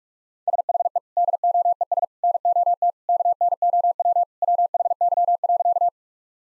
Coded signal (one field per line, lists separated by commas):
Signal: Morse code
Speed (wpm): 48 wpm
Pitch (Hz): 700 Hz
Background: none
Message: SHE DOES NOT KNOW WHY.